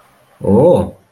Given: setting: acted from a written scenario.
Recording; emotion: vocal sound without words; interest